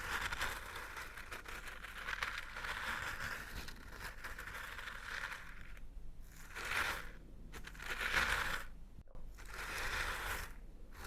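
Crunchy stirring: a dense, gritty rustle of pieces grinding and scraping together runs steadily for the first five or six seconds. After that it breaks into separate strokes, about one every second and a half, with brief quiet gaps between.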